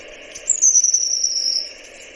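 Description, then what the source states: Long-tailed tit alarm call: a single very high, thin note sliding gently downward for about a second over soft background hiss. Probably the alarm call.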